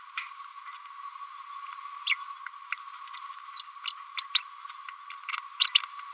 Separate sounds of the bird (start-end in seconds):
2.06-2.16, 2.72-2.74, 3.56-3.62, 3.85-3.92, 4.17-4.28, 4.34-4.45, 4.88-4.94, 5.10-5.16, 5.29-5.38, 5.59-5.69, 5.75-5.83, 5.97-6.04